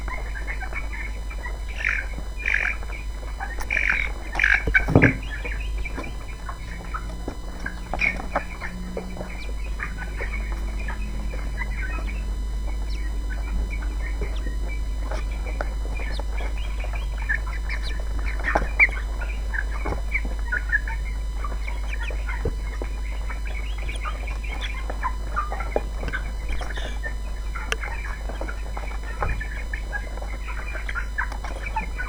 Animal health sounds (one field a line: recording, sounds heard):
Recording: poultry house recording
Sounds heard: background noise or bird activity such as feeding and pecking